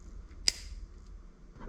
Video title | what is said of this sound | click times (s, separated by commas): How 25$ upgrades your MTB's shifting | you put it like this push it in until you hear a nice little click | 0.5 s